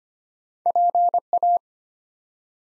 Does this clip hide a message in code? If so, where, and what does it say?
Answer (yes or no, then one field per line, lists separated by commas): yes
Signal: Morse code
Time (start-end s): 0.7-1.6 s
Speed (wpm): 25 wpm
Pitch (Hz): 700 Hz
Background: none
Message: PA